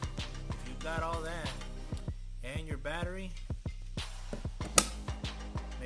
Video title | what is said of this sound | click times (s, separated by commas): RYOBI LAWNMOWER WONT START(EASY FIX)#ryobi#youtuber#lawnmower | make sure it clicks into place | 4.8 s